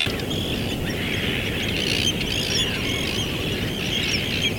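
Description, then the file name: Birds singing in a dense chorus of high chirps and twitters that run throughout, over a steady low rumble of background noise. "oiseaux"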